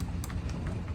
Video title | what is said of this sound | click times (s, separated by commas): Subaru Sambar Spark Plug Changed My Life Forever! NGK Iridium In the Sambar Dias KV4 KV3 KS4 KS3 | uh you're going to want to hear it click when you put it back in there now we're on to cylinder 3 | 0.2 s